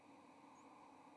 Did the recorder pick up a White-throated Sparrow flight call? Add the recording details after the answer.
no. Another species' flight call is heard. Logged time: 07:21 on 30 October 2014